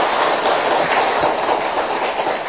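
audience applause

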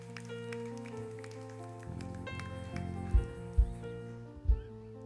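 audience applauding

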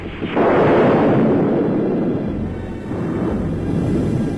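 thunder clap

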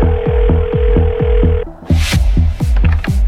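telephone call ringing

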